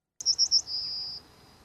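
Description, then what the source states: Yellowhammer song ending: three short, quick high notes followed by one long, drawn-out high note that fades away, in an otherwise quiet background. End of the yellowhammer's call, played for comparison with a famous four-note symphonic motif said to have been inspired by the bird.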